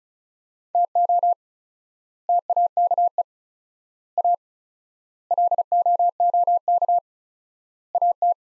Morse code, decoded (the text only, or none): TO TAKE A LOOK AT